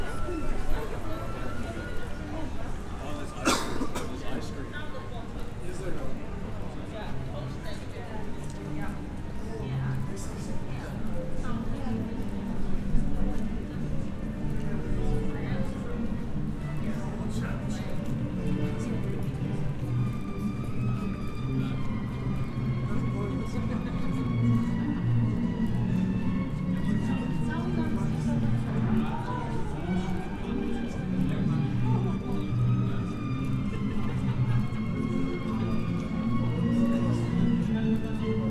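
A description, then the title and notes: A walk through the historic city of Bath, with a steady wash of crowd chatter and voices throughout. Sharp clicks of footsteps recur, and a loud knock lands around three seconds in. Passing traffic hums low underneath, with the murmur thickening after twenty seconds. Binaural Roman City Walk | City of Bath. The sounds of echoing footsteps, distant chatter, and bustling crowds. Walk through the historic city of Bath.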